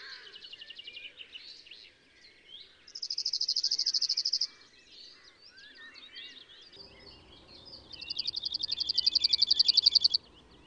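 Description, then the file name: Cirl bunting singing two metallic rattling trills of rapid repeated notes, the second longer, amid other chirps and twitters. "Bruant zizi"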